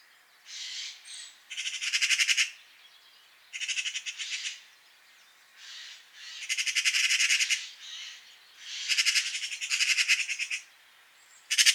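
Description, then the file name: Eurasian magpie chattering in harsh, rapid rattling bursts, each one to two seconds long, separated by short pauses. "Pica pica"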